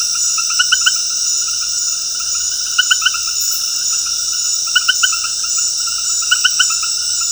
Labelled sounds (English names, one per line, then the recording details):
none
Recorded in dense forest near Puerto Asís, Putumayo, Colombia, on 21 February 2024 at 21:00
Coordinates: 0.485, -76.325
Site G6429